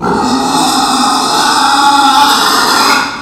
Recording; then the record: squeal of a Yucatan mini pig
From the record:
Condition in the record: after surgery on the right vocal fold (resection and tissue-engineered implant); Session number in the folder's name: 12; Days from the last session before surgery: 105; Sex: female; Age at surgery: 19 weeks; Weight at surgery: 25 kg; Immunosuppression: prednisolone